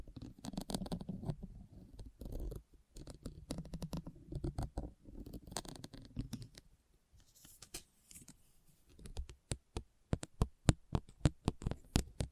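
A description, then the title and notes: Christmas trigger sounds: soft crinkly rustling and low rumbling scrapes for eight seconds, then a quick run of sharp, bright taps. Christmas Trigger Assortment (No Talking).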